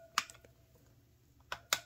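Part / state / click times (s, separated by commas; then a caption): spoke torque wrench on a dirt bike wheel spoke / torque reached / 0.2 s, 1.7 s. A spoke torque wrench tightens the last spoke on a dirt bike wheel. Sharp metallic clicks ring out at 0.2 s and 1.7 s, with a softer click at 1.5 s and faint ticks between, showing the spoke has reached proper tension.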